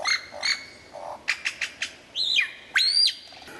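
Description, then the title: White-rumped shama: bird song with varied whistles, short clicking notes and two loud arching whistled phrases near the end, against a faint hiss. Described as the best murai batu of 2014, used for mastering (song training). "mster Mnuk. Mastering Murai Batu Terbaik 2014"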